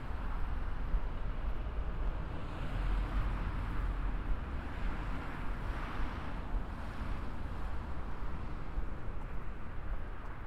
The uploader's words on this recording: A 17 minute binaural field recording, starting on the 7 train in the morning heading towards Main Street-Flushing.